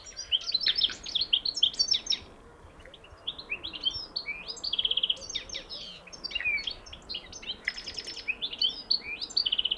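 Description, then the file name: European goldfinch chattering almost continuously, with liquid tinkling notes, short buzzy trills and rasping phrases over nearly ten seconds, with a brief lull early on. "Carduelis carduelis"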